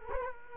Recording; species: mosquito wingbeat signal from an infrared sensor; Culex quinquefasciatus